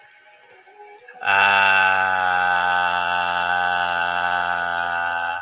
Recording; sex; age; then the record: vowel held as long as possible; male; 20 to 29 years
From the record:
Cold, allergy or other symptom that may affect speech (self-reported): no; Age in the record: 28 years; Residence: Texas, United States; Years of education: 16